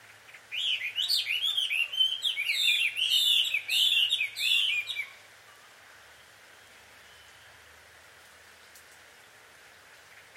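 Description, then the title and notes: Bird chirping calls, a dense run of quick, high, looping chirps lasting about four seconds, then quiet. A pair of birds quarrelling at dusk, recorded in Takao, Japan; field recording. "鳥の夫婦喧嘩 – Birds Quarrel At Dusk. Recorded in Takao Japan"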